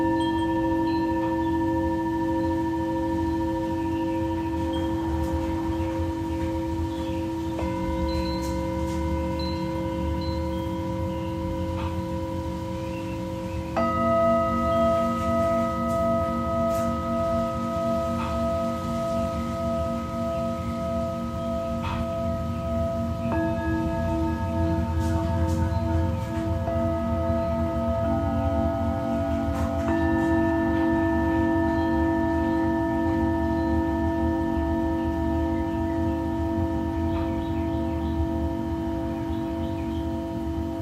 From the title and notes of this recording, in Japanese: 死者の日のメキシコからシンギングボウルのサウンドヒーリング。